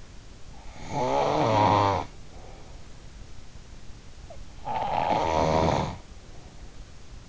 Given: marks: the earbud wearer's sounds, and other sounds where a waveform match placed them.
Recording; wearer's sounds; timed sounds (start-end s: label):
sounds in sleep by an in-ear microphone; snoring breath
0.64-2.87 s: snoring breath
4.49-6.67 s: snoring breath